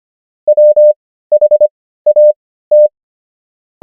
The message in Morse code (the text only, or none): WHAT